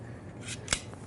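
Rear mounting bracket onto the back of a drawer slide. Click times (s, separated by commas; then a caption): 0.7 s. A small rear mounting bracket is fitted onto the back end of a metal ball-bearing drawer slide and snaps into place easily. A faint sliding rustle comes first, then a sharp metallic snap at 0.7 s as the bracket seats, and a softer tick follows at 0.9 s.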